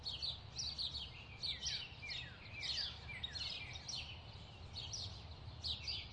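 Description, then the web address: Birds: high chirping, clustered tweets rising and falling in loudness over a low background rumble. Bird chirping ambience. "SFXBible animals-birds-chirp-ambience"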